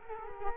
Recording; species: mosquito wingbeat signal from an infrared sensor; Culex quinquefasciatus